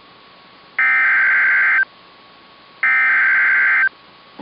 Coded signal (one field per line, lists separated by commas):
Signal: Emergency Alert System (SAME) tones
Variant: header bursts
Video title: (FAIL!) 11/13/2020 | LAKESHORE FLOOD WATCH? WHAT? [EAS #258]